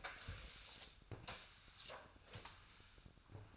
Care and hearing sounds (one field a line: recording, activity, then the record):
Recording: daily activity, microphone in the room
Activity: sweep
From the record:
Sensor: 2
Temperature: 24.0 degrees Celsius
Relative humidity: 35.5%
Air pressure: 1004.6 hPa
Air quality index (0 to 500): 91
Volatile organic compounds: 2 ppm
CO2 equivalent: 1097 ppm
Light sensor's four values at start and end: 6/14/6/6 and 5/11/5/5